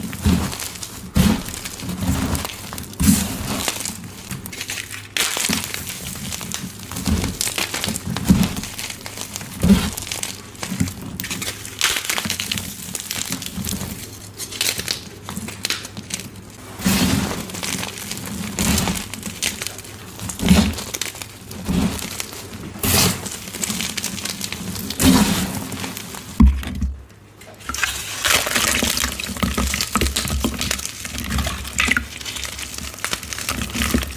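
Dyed gym chalk blocks are crushed, a dense, continuous run of dry crunches and crumbly crackles with sharper snaps every second or so. The texture is bright and gritty throughout, broken by a brief near-silent pause around 27 seconds before the crushing resumes.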